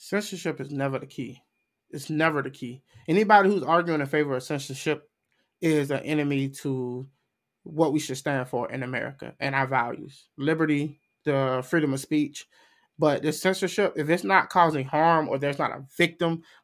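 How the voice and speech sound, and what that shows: One adult man speaks in a fluent, moderately pitched voice with natural intonation, talking in short phrases separated by brief pauses. Articulation is clear, with only slight creak at phrase ends. This is an ordinary, normal speaking voice in a quiet room.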